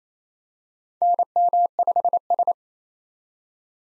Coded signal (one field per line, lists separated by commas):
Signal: Morse code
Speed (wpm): 28 wpm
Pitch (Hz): 700 Hz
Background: none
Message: NM5S